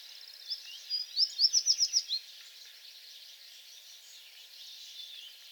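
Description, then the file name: American tree sparrow song, a quick series of several clear notes, over faint twittering from other birds. Recorded on 28 April 2022; several songs. "2022-04-28 American Tree Sparrow songs"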